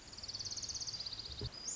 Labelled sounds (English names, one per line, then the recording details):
Pacific Wren
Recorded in Sonoma County, California